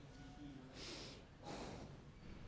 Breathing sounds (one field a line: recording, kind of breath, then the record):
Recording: one breath in and out by a microphone near the nose and mouth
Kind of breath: normal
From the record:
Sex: male